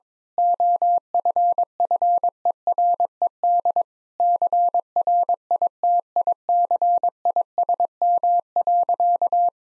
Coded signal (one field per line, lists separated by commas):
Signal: Morse code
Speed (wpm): 22 wpm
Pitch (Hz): 700 Hz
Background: none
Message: OFFERED CRITICISM.